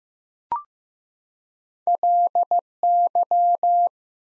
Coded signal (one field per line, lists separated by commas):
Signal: Morse code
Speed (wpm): 15 wpm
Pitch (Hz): 700 Hz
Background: none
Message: LY